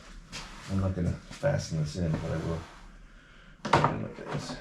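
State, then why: Not seated. A plastic front bumper trim piece is handled and pressed toward its mating part on the front bumper assembly of a stolen 2018 Hellcat Charger. Someone talks through the first half, and a burst of plastic rustling and rubbing comes near 3.7 s. Nothing has seated or clicked yet.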